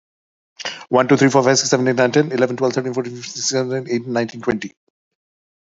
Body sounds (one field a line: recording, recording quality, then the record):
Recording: counting at a fast pace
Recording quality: excellent, no background noise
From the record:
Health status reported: healthy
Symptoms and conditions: cough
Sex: male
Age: 52 years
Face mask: not worn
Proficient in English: yes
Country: India